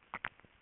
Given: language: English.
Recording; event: throat vibration sensor signal played as sound; swallow